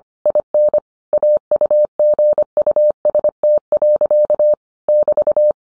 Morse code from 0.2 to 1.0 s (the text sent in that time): IN